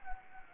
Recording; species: mosquito wingbeat signal from an infrared sensor; Anopheles gambiae